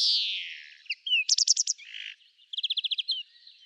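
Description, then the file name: European greenfinch song opens with a long falling nasal wheeze, then a quick rattle of five notes and a faster trill of twittered notes. "Chloris chloris"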